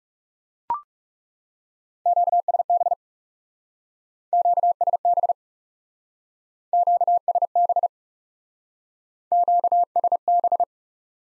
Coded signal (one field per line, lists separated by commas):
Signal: Morse code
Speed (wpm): 40 wpm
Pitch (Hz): 700 Hz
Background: none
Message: QSB QSB QSB QSB